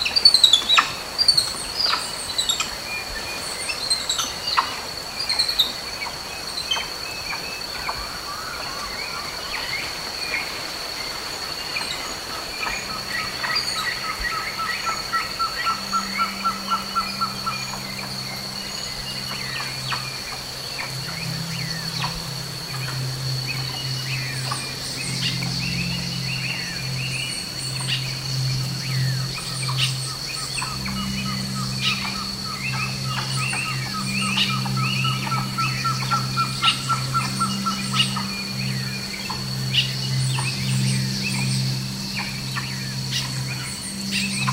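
Soundscape in a tree canopy: a steady high insect whine, scattered bird chirps and trills, and low droning hums from about thirteen seconds on.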